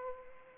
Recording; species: mosquito wingbeat signal from an infrared sensor; Anopheles arabiensis